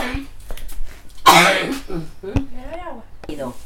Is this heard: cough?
yes